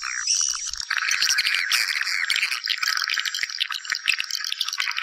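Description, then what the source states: Swiftlet calls, a few clear chirps first, then a steady, busy wash of high twittering. Lure sound used to attract swiftlets for nest farming.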